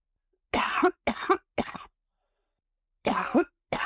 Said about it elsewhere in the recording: East Palestine resident. My coughing fit's gone. It's after being in town for a couple of days. You can hear how hoarse I am.